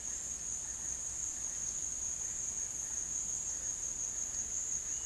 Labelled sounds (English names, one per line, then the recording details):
none
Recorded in secondary vegetation near Puerto Asís, Putumayo, Colombia, on 18 February 2024 at 13:00
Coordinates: 0.468, -76.324
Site G6381